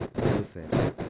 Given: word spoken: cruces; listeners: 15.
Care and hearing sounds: one Spanish word in noise, from a listening test; noise modulated by one talker; -9.5 dB; 1 of 15; 10 of 15; 0.69 s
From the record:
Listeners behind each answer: 10, 1, 1, 1, 1, 1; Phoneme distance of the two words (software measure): 17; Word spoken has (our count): 2 syllables, 6 phonemes, stress on syllable 1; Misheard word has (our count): 2 syllables, 5 phonemes, stress on syllable 1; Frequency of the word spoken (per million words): 8.63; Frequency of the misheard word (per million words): 42.80

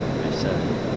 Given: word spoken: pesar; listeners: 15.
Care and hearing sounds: one Spanish word in noise, from a listening test; speech-shaped noise; -5.9 dB; 1 of 15; 7 of 15; 0.56 s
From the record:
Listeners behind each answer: 7, 1, 1, 1, 1, 1, 1, 1, 1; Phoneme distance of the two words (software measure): 10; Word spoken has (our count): 2 syllables, 5 phonemes, stress on syllable 2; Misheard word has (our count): 2 syllables, 5 phonemes, stress on syllable 2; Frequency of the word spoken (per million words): 206.05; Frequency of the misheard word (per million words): 5.02

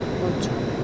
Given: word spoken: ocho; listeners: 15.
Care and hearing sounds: one Spanish word in noise, from a listening test; speech-shaped noise; -6.2 dB; 0 of 15; 8 of 15; 0.44 s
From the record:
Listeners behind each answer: 8, 3, 1, 1, 1, 1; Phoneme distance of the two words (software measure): 17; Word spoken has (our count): 2 syllables, 3 phonemes, stress on syllable 1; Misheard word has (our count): 2 syllables, 4 phonemes, stress on syllable 1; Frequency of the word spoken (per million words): 123.34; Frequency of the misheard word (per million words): 545.62

